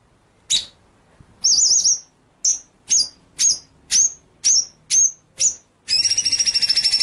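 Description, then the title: White-rumped shama song: repeated high whistled notes in quick succession, some slurred or warbled, ending in a fast continuous buzzy trill. Masteran training track of full rolling, shooting song. "Masteran Murai Batu Full Ngerol Nembak"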